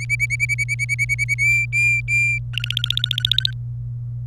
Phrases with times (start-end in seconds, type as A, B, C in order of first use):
0.00-1.34 A, 1.38-2.38 B, 2.53-3.51 C